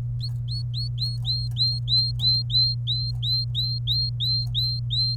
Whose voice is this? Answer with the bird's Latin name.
Serinus canaria